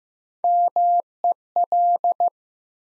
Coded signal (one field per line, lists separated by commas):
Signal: Morse code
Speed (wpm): 15 wpm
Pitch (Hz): 700 Hz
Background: none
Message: MEL